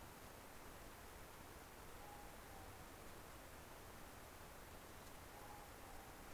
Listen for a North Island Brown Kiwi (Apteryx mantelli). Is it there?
no